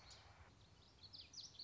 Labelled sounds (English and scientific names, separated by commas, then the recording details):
Common Yellowthroat (Geothlypis trichas)
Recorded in Sonoma County, California